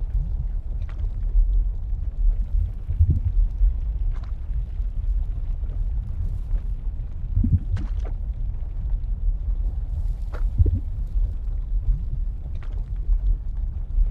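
A deep, constant rumble of molten lava and shifting ground fills the scene, heavy in the low end with a steady loudness. Brief crackles and hisses flare up every second or two, some sharp and bright, like bursts of heat escaping.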